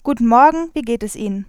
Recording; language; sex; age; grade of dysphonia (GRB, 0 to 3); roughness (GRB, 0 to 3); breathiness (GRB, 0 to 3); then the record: spoken sentence; German; female; 20 to 29 years; 0; 0; 0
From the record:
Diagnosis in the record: healthy voice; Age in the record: 21 years